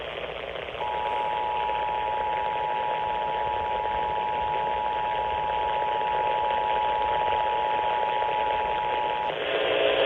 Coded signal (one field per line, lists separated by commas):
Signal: Emergency Alert System (SAME) tones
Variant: 853 and 960 Hz attention tone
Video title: (Child Found Safe) Tennessee AMBER Alert (EAS #1677)